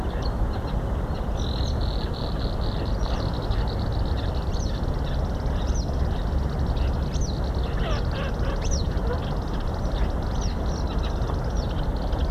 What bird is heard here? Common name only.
Graceful Prinia